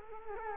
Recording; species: mosquito wingbeat signal from an infrared sensor; Culex quinquefasciatus